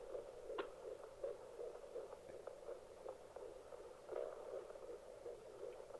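Fast, muffled rhythmic whooshing pulses, roughly 160 a minute: an unborn baby's heartbeat picked up by Doppler.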